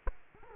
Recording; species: mosquito wingbeat signal from an infrared sensor; Culex quinquefasciatus